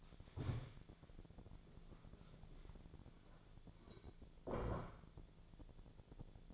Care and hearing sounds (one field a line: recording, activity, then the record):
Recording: daily activity, microphone in the room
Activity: stand up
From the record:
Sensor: 5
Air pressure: 1000.6 hPa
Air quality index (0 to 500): 146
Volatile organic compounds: 2 ppm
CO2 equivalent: 1136 ppm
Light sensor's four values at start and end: 49/113/47/50 and 48/113/47/50